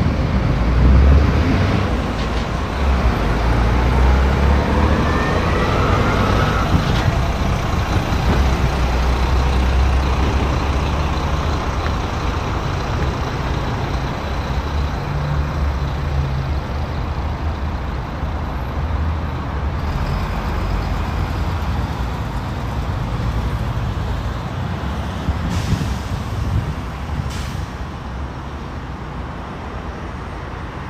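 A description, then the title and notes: A walk through Modiin, Israel, set against a steady roar of vehicle traffic that stays dense for the whole half minute. Deep engine rumble swells around the start and near the middle, a rising whine passes early, and a few sharp clicks land late. City Park Sounds. Walking In Modiin, Israel.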